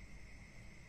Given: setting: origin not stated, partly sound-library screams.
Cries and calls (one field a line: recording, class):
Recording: one-second piece from a danger detection set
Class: normal situation